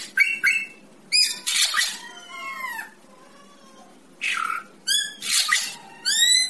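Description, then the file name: Greater racket-tailed drongo: clear harmonic whistles, some slurred downward, interspersed with harsh grating bursts in a varied, irregular sequence. "tieng cheo beo duoi co hot"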